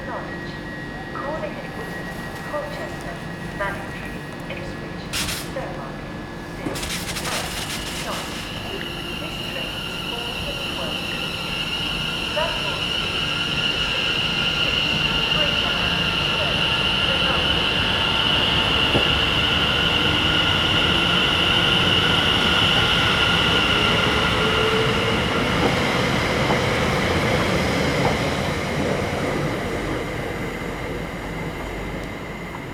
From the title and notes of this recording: Captured in the early morning on a cold and damp train station platform. Commuters are gradually filling up the platform in preparation to board trains to their place of work.